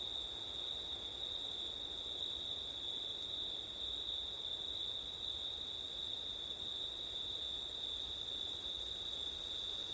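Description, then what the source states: Crickets in an unbroken chorus, a constant high trill beneath an even higher shimmer. Crickets on a windy September night, ORTF microphone setup.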